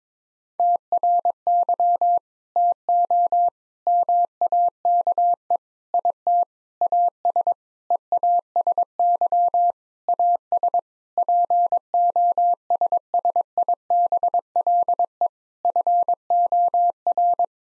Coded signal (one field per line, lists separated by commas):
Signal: Morse code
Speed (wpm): 22 wpm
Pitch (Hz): 700 Hz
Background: none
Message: TRY TO MAKE IT AS EASY AS POSSIBLE FOR